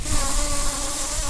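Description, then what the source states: Common carder bee buzzing with a steady, even hum of stacked harmonic tones, holding one pitch throughout, over broad hissing background noise. Queens.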